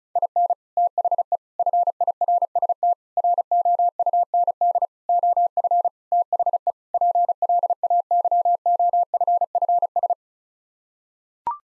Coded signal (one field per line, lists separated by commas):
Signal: Morse code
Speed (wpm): 34 wpm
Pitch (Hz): 700 Hz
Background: none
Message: IN THE FIRST ROUND OF THE PLAYOFFS